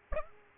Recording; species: mosquito wingbeat signal from an infrared sensor; Aedes aegypti